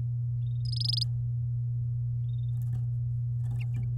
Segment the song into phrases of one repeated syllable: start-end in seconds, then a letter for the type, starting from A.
0.65-1.03 A